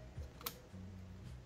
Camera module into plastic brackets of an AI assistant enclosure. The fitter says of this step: Then, press it towards the back and it snaps into place.